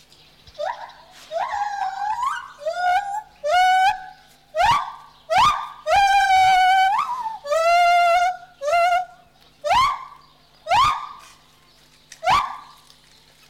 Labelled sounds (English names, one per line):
Lar Gibbon